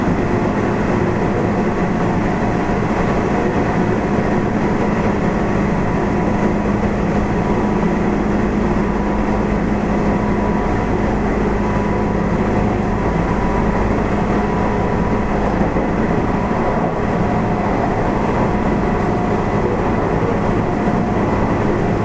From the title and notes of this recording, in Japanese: 西日本鉄道 8000系の走行音です。特急大牟田行きにて録音。区間は二日市から久留米までです。